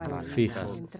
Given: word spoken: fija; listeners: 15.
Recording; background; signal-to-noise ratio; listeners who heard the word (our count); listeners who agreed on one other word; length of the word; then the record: one Spanish word in noise, from a listening test; four-talker babble; 6.8 dB; 1 of 15; 6 of 15; 0.60 s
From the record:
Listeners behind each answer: 6, 1, 1, 1, 1, 1, 1, 1, 1, 1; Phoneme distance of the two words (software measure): 7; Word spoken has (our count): 2 syllables, 4 phonemes, stress on syllable 1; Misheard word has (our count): 2 syllables, 5 phonemes, stress on syllable 1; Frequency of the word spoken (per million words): 25.19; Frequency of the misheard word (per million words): 6.43